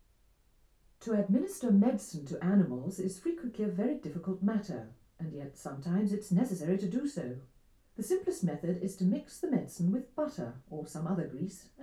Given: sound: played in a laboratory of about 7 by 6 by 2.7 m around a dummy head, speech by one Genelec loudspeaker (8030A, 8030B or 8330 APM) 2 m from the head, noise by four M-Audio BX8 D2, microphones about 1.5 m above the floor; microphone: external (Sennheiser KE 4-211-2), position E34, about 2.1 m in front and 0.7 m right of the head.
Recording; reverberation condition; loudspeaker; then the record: female speech in English; low; 60 degrees to the right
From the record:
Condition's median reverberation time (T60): about 310 ms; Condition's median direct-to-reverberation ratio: about 3.5 dB